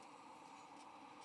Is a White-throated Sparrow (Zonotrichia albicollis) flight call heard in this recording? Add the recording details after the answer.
no. No flight call is heard. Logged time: 11:16 on 21 November 2014